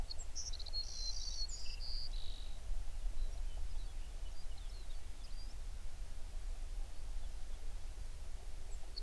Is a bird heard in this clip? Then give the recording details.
yes. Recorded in the Prudhoe Bay oil fields, Alaska, on 11 June 2019 at 04:46. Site 21